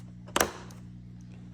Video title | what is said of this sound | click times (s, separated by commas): November 19, 2025 | As you can hear, the pops are | 0.4 s